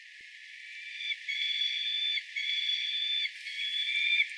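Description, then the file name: Peregrine falcon calls: a few drawn-out, harmonic wailing notes, evenly spaced, with a faint steady hiss behind. Recorded in Date on 19 May 2013. "hayabusa date"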